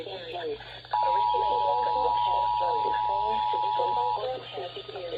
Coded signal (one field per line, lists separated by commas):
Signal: Emergency Alert System (SAME) tones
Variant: 853 and 960 Hz attention tone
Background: speech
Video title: BACK TO NORMAL TIME - EAS Alert Tests From 5/3/23 (EAS #203-209)